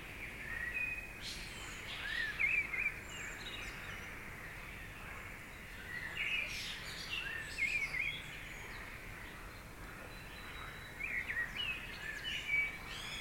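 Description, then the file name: Bird calls come as sharp chirps and short whistled strokes, clustered in groups every few seconds over constant noise. Recorded around 3 o'clock at night. "okolo 3 chasov nochi ptici protiv lyagushek"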